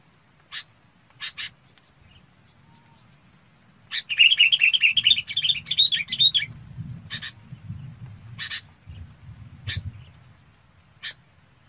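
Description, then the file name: Red-whiskered bulbul gives a fast rippling run of bright whistled notes, set among sparse dry chip calls. Calling the flock. "Tieng chao mao bong goi bay"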